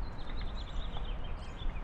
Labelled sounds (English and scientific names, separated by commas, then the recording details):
House Finch (Haemorhous mexicanus) song
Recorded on Long Island, New York, on 15 April 2011
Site HE
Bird A